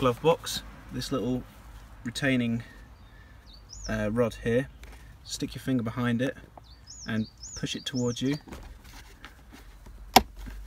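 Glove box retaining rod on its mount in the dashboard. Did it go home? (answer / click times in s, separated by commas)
released / 10.2 s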